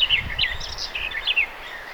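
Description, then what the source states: Garden warbler song, a brief rich warble of quick fluting and chattering notes, pausing after about one and a half seconds. Singing garden warbler recorded 2 June 2025.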